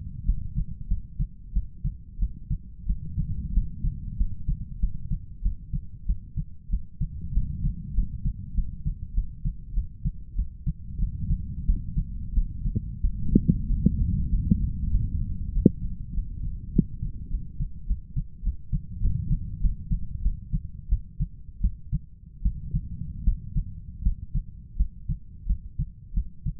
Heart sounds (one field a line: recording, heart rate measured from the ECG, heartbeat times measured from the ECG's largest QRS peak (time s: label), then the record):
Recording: heart sounds by stethoscope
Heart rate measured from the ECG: 93 bpm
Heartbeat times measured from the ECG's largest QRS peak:
0.25 s: heartbeat
0.88 s: heartbeat
1.53 s: heartbeat
2.19 s: heartbeat
2.86 s: heartbeat
3.53 s: heartbeat
4.17 s: heartbeat
4.80 s: heartbeat
5.42 s: heartbeat
6.06 s: heartbeat
6.70 s: heartbeat
7.33 s: heartbeat
7.94 s: heartbeat
8.55 s: heartbeat
9.14 s: heartbeat
9.74 s: heartbeat
10.36 s: heartbeat
10.99 s: heartbeat
11.66 s: heartbeat
12.34 s: heartbeat
13.01 s: heartbeat
13.67 s: heartbeat
14.29 s: heartbeat
14.90 s: heartbeat
15.52 s: heartbeat
16.14 s: heartbeat
16.73 s: heartbeat
17.30 s: heartbeat
17.87 s: heartbeat
18.43 s: heartbeat
19.01 s: heartbeat
19.61 s: heartbeat
20.22 s: heartbeat
20.89 s: heartbeat
21.61 s: heartbeat
22.42 s: heartbeat
23.24 s: heartbeat
24.03 s: heartbeat
24.77 s: heartbeat
25.47 s: heartbeat
26.14 s: heartbeat
From the record:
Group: healthy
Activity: cold pressor test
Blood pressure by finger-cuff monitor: 141/88 mmHg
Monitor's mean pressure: 102 mmHg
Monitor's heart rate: 93 bpm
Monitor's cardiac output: 7.9 L/min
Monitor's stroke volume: 83 mL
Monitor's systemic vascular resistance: 980 dyn s/cm5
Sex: male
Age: 23 years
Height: 179 cm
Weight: 87 kg